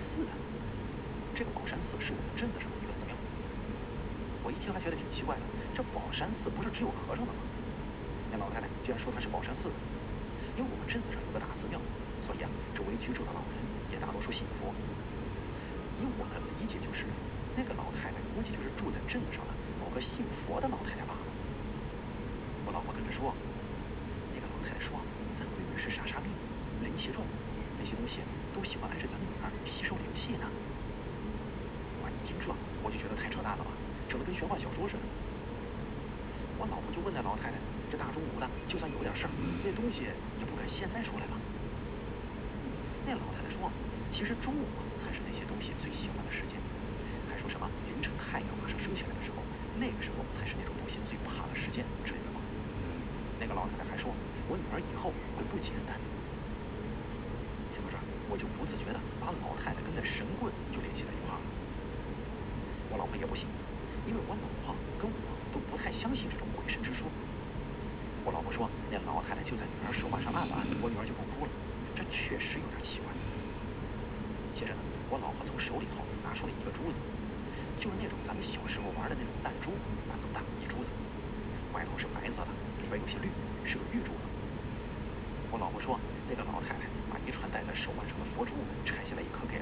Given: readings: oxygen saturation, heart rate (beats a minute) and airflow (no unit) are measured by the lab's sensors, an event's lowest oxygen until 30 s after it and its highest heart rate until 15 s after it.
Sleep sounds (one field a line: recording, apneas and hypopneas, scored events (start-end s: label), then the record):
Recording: breathing in sleep by a voice recorder at the bedside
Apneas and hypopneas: 1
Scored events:
3.00-33.00 s: new sleep stage, N1 (lightest sleep)
21.00-39.40 s: hypopnea (N1, oxygen 96% highest, then 92% lowest)
33.00-89.62 s: new sleep stage, N2 (light sleep)
From the record:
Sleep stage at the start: N2 (light sleep)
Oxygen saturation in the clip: 92 to 96%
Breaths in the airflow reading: 30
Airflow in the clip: -2.7 to 3.5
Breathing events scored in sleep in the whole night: 335 in 6.7 hours asleep